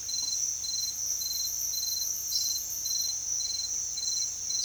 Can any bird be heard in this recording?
no